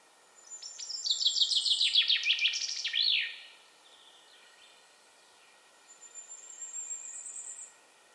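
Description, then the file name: Chaffinch song, a bright trill tumbling down the scale and ending in a flourish, then quiet before a faint thin high whistle. "Fringilla coelebs"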